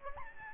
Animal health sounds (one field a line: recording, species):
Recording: mosquito wingbeat signal from an infrared sensor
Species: Aedes albopictus